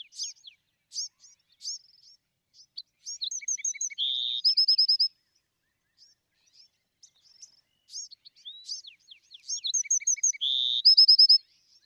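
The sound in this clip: Bewick's wren singing the same phrase twice, each opening with scattered high chips and slurs, then a fast buzzy trill.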